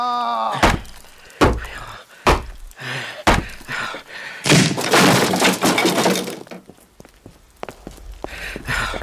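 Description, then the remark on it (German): Dr. Jekyll's door is battered down with an axe and a poker: five or six heavy, evenly spaced thuds, then a long, loud splintering crash with breaking glass, trailing off into scattered knocks and rattles. “Sonst müssen wir die Tür mit Gewalt öffnen.”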